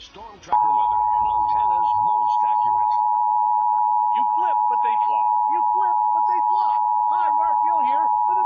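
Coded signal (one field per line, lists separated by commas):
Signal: Emergency Alert System (SAME) tones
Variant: 853 and 960 Hz attention tone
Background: speech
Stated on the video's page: Fictional analog horror emergency alert scenarios and a hacked television alert about zombies, not real warnings.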